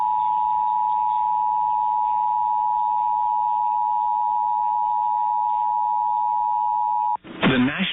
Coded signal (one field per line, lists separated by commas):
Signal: Emergency Alert System (SAME) tones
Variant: 853 and 960 Hz attention tone